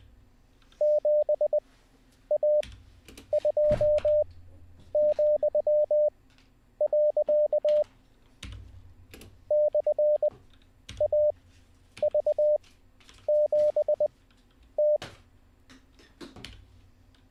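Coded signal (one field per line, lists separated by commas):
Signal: Morse code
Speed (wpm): 20 wpm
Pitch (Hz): 600 Hz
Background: none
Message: 7A2,. /AV7T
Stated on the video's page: Morse code learning session, day 20, streamed live.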